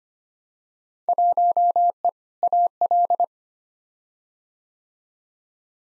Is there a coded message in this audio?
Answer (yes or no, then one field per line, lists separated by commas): yes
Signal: Morse code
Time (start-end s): 1.1-3.2 s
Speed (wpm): 25 wpm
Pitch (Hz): 700 Hz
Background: none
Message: 1E AL